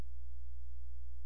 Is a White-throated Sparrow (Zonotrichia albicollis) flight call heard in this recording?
no